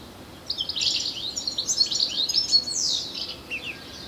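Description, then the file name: European goldfinch calls, quick high liquid twitters and slurred chirps in a lively burst, then trailing off. "Carduelis carduelis"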